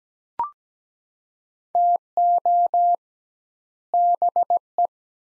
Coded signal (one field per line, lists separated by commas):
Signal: Morse code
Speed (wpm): 17 wpm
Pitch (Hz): 700 Hz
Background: none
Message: TO BE